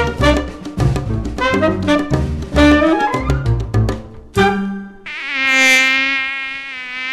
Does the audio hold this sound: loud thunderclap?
no